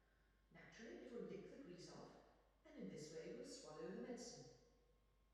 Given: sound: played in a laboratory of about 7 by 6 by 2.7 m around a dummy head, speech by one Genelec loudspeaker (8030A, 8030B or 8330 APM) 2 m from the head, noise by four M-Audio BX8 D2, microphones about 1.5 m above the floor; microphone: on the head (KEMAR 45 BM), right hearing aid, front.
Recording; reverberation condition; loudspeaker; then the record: female speech in English; high; 120 degrees to the left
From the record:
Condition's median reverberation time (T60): about 1300 ms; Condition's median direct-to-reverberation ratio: about -4.0 dB